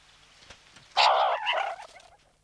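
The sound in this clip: Meerkat giving one harsh, wavering call about a second long that starts abruptly, dips, then fades.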